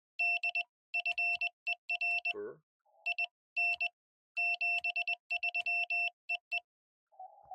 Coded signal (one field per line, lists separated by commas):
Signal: Morse code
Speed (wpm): 20 wpm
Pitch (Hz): 2700 Hz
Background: none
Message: D FER IN 73 EE